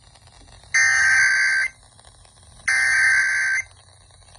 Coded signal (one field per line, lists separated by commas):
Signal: Emergency Alert System (SAME) tones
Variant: header bursts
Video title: KKXX CAUGHT IT A TEST... EAS Alerts from June 2025 (EAS#4,153 - #4,197)